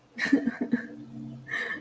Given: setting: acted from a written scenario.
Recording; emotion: vocal sound without words; sadness